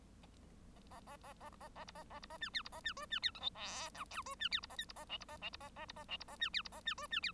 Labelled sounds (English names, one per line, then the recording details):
Bengalese Finch song
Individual Bird1